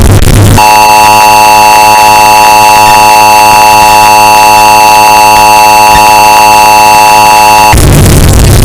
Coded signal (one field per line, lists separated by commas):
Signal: Emergency Alert System (SAME) tones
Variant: 853 and 960 Hz attention tone